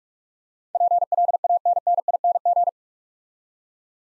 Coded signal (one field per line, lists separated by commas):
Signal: Morse code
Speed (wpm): 45 wpm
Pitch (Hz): 700 Hz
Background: none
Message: PLANNING